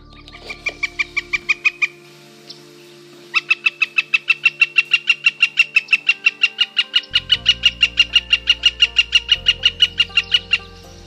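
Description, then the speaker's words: Flicker call: a rapid, even run of sharp, high notes. A short burst comes first, then after a pause a long, steady series of several dozen notes, machine-like. Call likened to a jackhammer. "Charlie, can you show us the sound of a flicker?"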